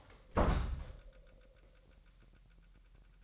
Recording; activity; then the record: daily activity, microphone in the room; close door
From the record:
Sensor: 3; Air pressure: 998.4 hPa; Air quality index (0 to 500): 137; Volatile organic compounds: 4 ppm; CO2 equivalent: 1637 ppm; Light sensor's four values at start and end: 17/48/19/18 and 17/48/19/18